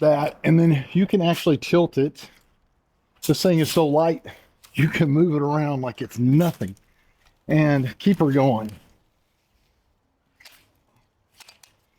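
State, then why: Seated. Someone talks for most of the clip while a section of a Heyarun aluminum telescoping ladder is pulled out until its rung lock engages in the rail. Faint sharp clicks are heard at 10.4 s and 11.6 s as the lock seats, locking the section in place so it won't fall.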